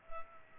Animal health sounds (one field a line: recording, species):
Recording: mosquito wingbeat signal from an infrared sensor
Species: Culex pipiens